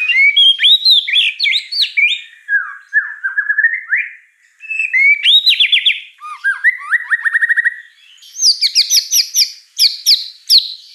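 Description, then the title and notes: White-rumped shama song, rich and varied, mixing rolling trills, slurred whistles and rapid chattering notes, with brief pauses. Lively lure song of a white-rumped shama (Murai Batu) with a rich, varied repertoire. "Pancingan Gacor Murai Batu Bongkar Isian Mewah. Audio Murai Batu Dongfeng"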